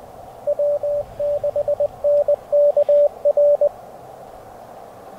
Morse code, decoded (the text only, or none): W6NKR